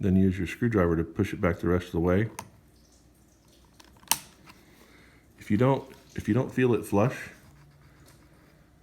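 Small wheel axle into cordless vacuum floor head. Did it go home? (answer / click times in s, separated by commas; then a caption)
yes / 4.1 s. A small wheel axle is pushed back into the plastic floor brush head of a Dyson DC44/45 cordless Animal vacuum, first with a thumb and then with a screwdriver. Someone talks before and after; a few faint ticks at 3.8–4.0 s lead to one loud, sharp pop at 4.1 s as the axle seats into place.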